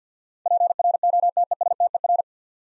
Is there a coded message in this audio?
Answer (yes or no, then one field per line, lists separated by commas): yes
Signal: Morse code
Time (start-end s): 0.5-2.2 s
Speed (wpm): 52 wpm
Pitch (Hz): 700 Hz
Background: none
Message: PROTESTER